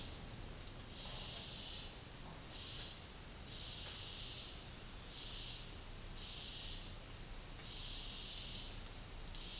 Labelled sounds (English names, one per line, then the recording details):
none
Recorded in dense forest near Puerto Asís, Putumayo, Colombia, on 13 March 2025 at 11:30
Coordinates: 0.484, -76.325
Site G045